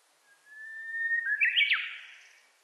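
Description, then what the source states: Japanese bush warbler song: a drawn-out pure whistle held level, then a loud, twisting flourish of higher notes that fades away gradually. Recorded on 29 April 2001.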